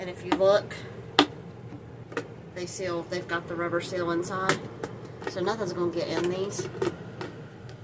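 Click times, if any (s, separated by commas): 1.2 s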